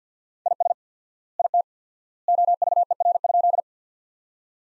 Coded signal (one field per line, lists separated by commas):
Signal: Morse code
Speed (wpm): 49 wpm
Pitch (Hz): 700 Hz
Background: none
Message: IS IT OVER?